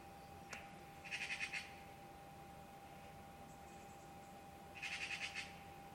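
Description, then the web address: Bird making two brief, buzzy chatter bursts a few seconds apart, with a click near the start and a steady background hum. "Deverinetal 2025. Bird Only"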